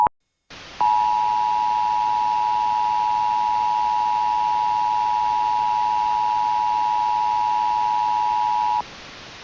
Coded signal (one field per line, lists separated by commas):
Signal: Emergency Alert System (SAME) tones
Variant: 853 and 960 Hz attention tone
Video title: [EAS RECREATIONAL] the squall from hell Illinois editon